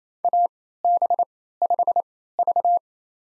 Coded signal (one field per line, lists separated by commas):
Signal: Morse code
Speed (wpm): 28 wpm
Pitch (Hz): 700 Hz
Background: none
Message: AB5V